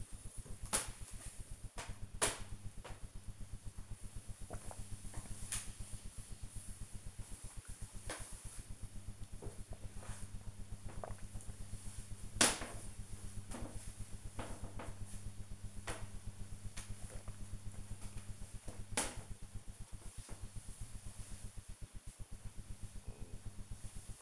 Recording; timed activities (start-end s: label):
household activities, microphone on the right wrist
0.00-24.22 s: drinking